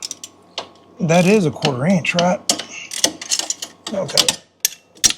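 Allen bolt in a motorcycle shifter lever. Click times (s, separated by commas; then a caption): 4.7 s. A hex key is used to loosen a 1/4 inch Allen bolt on the shifter linkage lever of a 2008 Harley Glide motorcycle, a bolt already feared to be stripped out. Someone talks over a few small metallic ticks, then a sharp metallic snap rings out at 4.7 s as the key slips in the bolt head. The bolt head is stripped.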